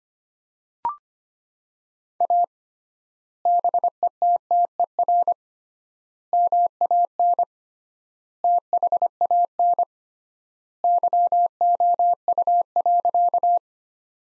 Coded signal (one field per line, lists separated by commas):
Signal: Morse code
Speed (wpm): 25 wpm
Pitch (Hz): 700 Hz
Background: none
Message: A BETTER MAN THAN YOU.